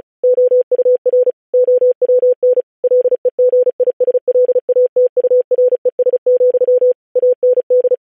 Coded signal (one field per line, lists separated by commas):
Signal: Morse code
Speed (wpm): 36 wpm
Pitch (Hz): 500 Hz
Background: none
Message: OUR OWN LEGISLATURES, AND